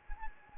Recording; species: mosquito wingbeat signal from an infrared sensor; Anopheles gambiae